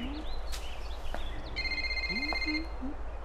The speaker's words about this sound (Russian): У нее звонит мобильный.